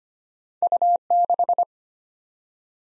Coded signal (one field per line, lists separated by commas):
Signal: Morse code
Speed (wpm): 25 wpm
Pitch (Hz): 700 Hz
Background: none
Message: U6